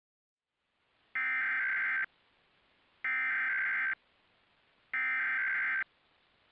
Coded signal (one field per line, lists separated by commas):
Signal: Emergency Alert System (SAME) tones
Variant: header bursts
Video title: WTVJ EAS Required Monthly Test（20231220）